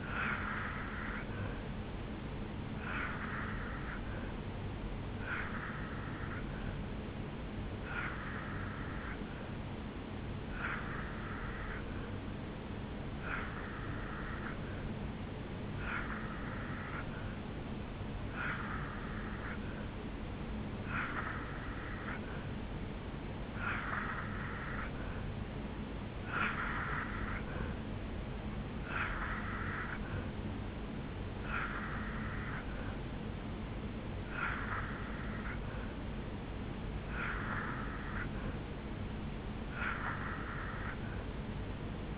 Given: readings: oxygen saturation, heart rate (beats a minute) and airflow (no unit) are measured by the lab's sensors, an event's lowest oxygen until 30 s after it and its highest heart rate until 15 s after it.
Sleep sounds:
breathing in sleep by a voice recorder at the bedside; 1
10.00-25.20 s: hypopnea (N2, oxygen 87% highest, then 84% lowest, heart rate 76 at the start, 78 highest)
From the record:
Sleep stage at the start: N2 (light sleep); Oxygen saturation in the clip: 84 to 87%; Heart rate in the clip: 74 to 78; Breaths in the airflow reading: 14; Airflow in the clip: -2.0 to 0.9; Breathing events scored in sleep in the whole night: 449 in 7.0 hours asleep

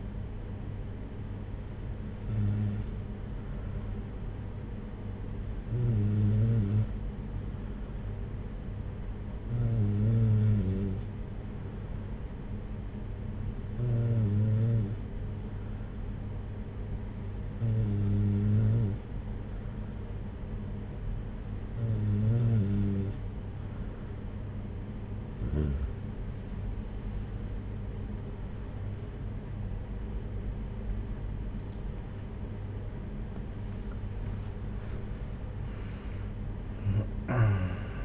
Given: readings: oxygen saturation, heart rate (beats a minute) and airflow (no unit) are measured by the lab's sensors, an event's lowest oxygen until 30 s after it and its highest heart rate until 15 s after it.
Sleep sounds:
breathing in sleep by a smartphone at the bedside; 1
3.00-30.20 s: hypopnea (N2, oxygen 95% highest, then 94% lowest, heart rate 56 at the start, 72 highest)
27.00-38.05 s: new sleep stage, N1 (lightest sleep)
From the record:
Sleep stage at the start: N2 (light sleep); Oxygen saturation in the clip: 94 to 95%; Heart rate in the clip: 56 to 71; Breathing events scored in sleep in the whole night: 226 in 8.8 hours asleep

